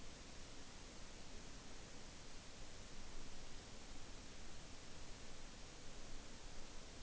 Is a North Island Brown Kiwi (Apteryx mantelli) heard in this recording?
no